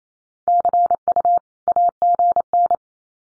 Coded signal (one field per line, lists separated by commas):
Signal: Morse code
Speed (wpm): 28 wpm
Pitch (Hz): 700 Hz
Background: none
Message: CU AGN